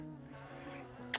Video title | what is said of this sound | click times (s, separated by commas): Unboxing The New DJI Osmo Action 4 Standard Combo Plus Extras | and then yes this is the bottom mount so all you have to do is just mag that in and clip it in | 1.1 s